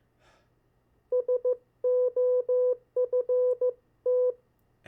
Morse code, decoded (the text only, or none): SOFT